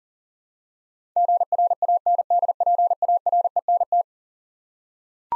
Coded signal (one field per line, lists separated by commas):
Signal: Morse code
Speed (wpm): 40 wpm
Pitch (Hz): 700 Hz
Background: none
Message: GRANDPARENT